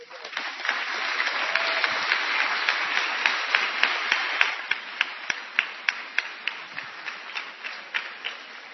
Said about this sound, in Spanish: Bienvenidos, buenas noches. Den un aplauso, señor.